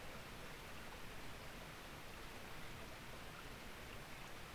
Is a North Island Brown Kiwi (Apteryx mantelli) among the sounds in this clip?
no